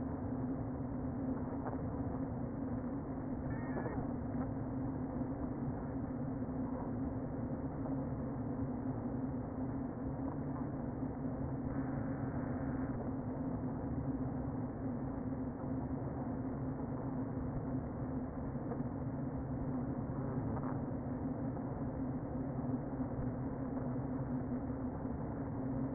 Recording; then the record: honeybee colony, microphone inside the hive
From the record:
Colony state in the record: queen present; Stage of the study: before two queens were removed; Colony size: about 60,000 bees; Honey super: yes